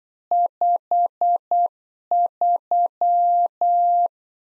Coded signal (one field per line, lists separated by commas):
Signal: Morse code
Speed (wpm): 8 wpm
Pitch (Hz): 700 Hz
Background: none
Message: 53